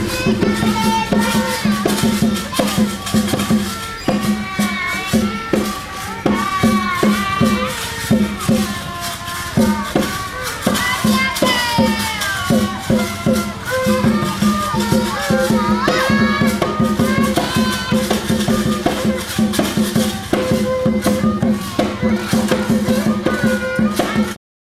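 A busy ambience at Angkor Wat: a dense, unbroken layer of voices and chatter, crowded, with frequent sharp clicks and knocks throughout. Wavering higher tones drift over a steady low hum for the full length, with no pauses.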